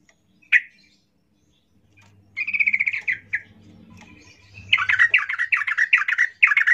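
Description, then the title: Yellow-vented Bulbul song: a sharp note, then gurgling chattered phrases building into a fast run of bubbly, rollicking notes. Local name trucuk; vigorously singing (gacor) bird used as a lure (pancingan), described as ropel ngalas, to make other trucuk birds sing. "GACOR Ropel Ngalas Pancingan Trucukan Agar Bunyi Jadikan Burung Trucuk"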